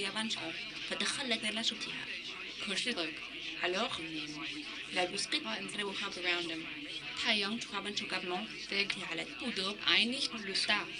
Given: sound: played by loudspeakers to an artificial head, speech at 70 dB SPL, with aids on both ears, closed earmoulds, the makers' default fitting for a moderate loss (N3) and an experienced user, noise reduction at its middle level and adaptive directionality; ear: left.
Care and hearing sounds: speech test signal (ISTS) in cocktail-party noise; +9 dB; in front (0 degrees)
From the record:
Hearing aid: class 2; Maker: D

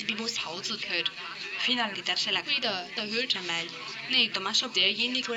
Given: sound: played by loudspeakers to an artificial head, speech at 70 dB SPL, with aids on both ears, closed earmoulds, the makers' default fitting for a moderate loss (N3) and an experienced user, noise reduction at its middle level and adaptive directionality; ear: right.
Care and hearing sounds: speech test signal (ISTS) in cocktail-party noise; +6 dB; on the right (90 degrees)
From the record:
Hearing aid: class 1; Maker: A

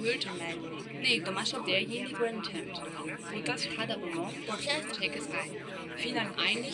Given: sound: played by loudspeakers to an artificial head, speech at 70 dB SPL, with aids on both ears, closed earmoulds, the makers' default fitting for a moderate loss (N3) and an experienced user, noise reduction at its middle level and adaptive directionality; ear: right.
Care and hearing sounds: speech test signal (ISTS) in cocktail-party noise; -6 dB; on the right (90 degrees)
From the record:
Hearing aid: class 2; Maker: C

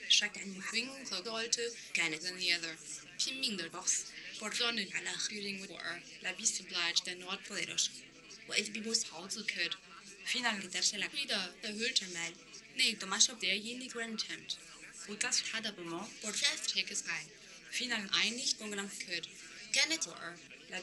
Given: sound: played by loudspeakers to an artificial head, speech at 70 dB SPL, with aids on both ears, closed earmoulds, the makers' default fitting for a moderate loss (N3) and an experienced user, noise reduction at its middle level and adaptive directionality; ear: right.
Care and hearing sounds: speech test signal (ISTS) in cocktail-party noise; +9 dB; in front (0 degrees)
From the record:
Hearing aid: class 1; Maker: J

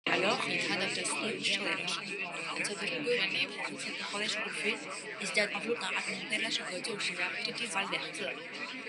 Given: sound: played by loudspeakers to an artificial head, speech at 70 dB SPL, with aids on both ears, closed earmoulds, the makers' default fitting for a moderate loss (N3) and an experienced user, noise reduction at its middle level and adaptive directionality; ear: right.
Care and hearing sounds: speech test signal (ISTS) in cocktail-party noise; -6 dB; in front (0 degrees)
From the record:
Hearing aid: class 2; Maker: I

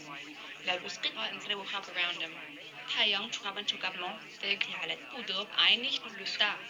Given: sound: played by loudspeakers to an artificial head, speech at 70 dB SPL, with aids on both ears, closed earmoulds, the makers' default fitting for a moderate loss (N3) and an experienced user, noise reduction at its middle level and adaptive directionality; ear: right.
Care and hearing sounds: speech test signal (ISTS) in cocktail-party noise; +6 dB; in front (0 degrees)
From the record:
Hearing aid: class 1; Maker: G

